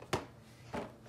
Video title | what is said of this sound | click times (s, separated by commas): December 26, 2022 | that's a satisfying snap | 0.1 s